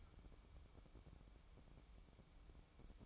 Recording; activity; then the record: daily activity, microphone in the room; light on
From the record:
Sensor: 1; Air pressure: 1007.9 hPa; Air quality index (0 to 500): 125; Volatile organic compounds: 2 ppm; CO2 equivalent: 1052 ppm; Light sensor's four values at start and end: 9/20/8/9 and 17/52/21/22